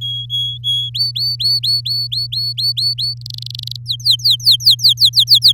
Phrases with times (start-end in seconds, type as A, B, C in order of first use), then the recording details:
0.01-0.90 A, 0.94-3.14 B, 3.21-3.76 C, 3.86-5.52 D. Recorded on 6 May 2018 at 12:39. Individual llb16